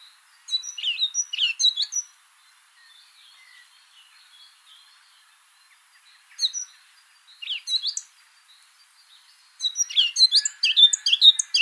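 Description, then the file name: Eurasian Blackcap song: short chattering phrases of high, sharp notes, a long quiet pause, two more short phrases, then a denser, faster run of twittering notes at the end. "Sylvia atricapilla"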